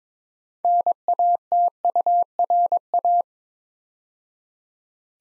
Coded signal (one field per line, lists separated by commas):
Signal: Morse code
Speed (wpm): 22 wpm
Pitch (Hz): 700 Hz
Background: none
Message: NATURA